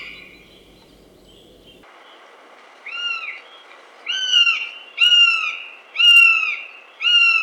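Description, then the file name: Northern goshawk giving drawn-out, arched wailing notes that rise then fall, five calls spaced about a second apart after a quiet start. "Jastreb teterevjatnik"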